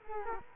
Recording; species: mosquito wingbeat signal from an infrared sensor; Culex quinquefasciatus